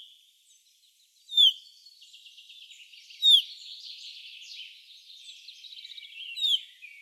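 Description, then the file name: Common chaffinch calls: three short, bright, falling notes at irregular gaps, with a chattering background between them. "Fringilla coelebs"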